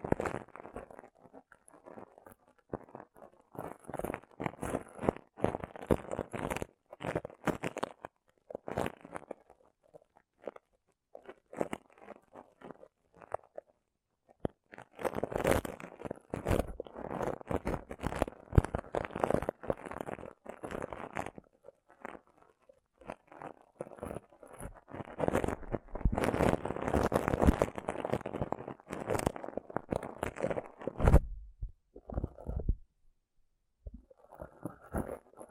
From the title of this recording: Rough Brain Cleaning and Picking